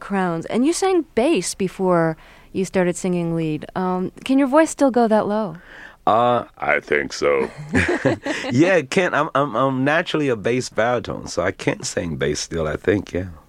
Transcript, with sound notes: And you sang bass before you started singing lead. Can your voice still go that low?
(In bass voice) I think so.
(LAUGHTER)
Yeah, it can. I'm naturally a bass-baritone, so I can sing bass still, I think, yeah.